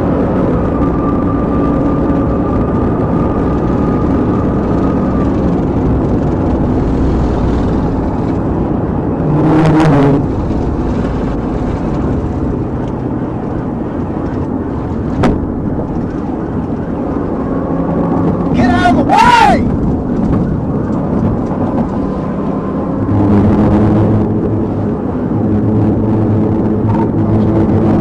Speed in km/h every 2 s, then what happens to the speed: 171, 175, 171, 163, 155, 129, 127, 111, 116, 103, 109, 119, 119, 124.
0-5 steady at about 171. 5-14 brakes to 111. 14-20 steady at about 109. 20-28 speeds up to 124.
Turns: none.